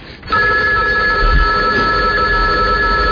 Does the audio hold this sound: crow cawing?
no